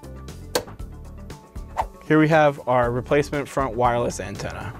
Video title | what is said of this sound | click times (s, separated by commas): ThinkCentre M83 / M93p Tower Desktop - Wi Fi Units Replacement | Then we are going to close the release latch until it snaps. | 0.6 s